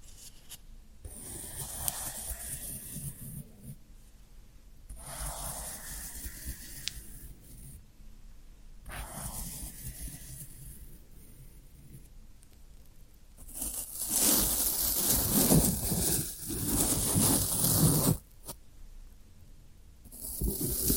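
Floral foam being handled, with soft scratchy, hissing bursts that come and go every few seconds with brief quiet gaps. From about 13 to 18 seconds the crunching grows louder, denser and crisper, then drops off before another scrape near the end.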